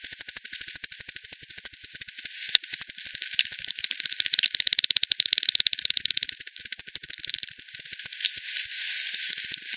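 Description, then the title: Bat echolocation pulses heard as fast ticking clicks from overlapping callers throughout. Multiple bats at Hogsmill River, Hogsmill Lane, 7 October 2020 at 18:10; frequency-division bat detector output, band-pass filtered and resampled. "bat 20201007 T 18 : 10 Z-Hogsmill-Lane-Hogsmill-River-multiple-bats-FD 10"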